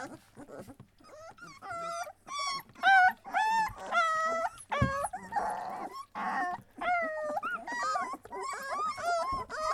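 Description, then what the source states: Leonberger pups whimpering and yelping, a busy run of high, wavering whines and short yips that overlap in quick, uneven bursts. Young Leonberger dogs.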